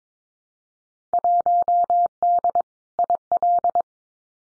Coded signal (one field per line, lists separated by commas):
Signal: Morse code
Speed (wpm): 22 wpm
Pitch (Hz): 700 Hz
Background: none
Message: 1D IL